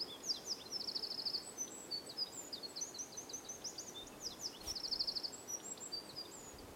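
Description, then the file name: Eurasian wren singing: rapid, high, buzzy trills and sharp twittering notes in quick bursts, over a steady background hiss. "Troglodytes troglodytes"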